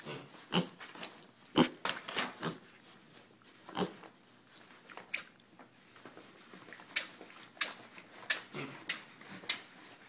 Teeth grinding.